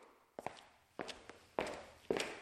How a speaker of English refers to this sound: Footsteps. I hear footsteps. I hear someone walking.